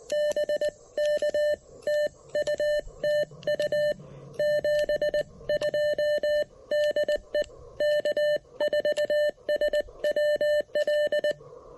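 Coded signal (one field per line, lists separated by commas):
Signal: Morse code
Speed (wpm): 20 wpm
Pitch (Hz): 600 Hz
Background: none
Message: BK TU TU 72 DE K4SWL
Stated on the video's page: CW POTA activation using an Elecraft KX1 with its CW message memories.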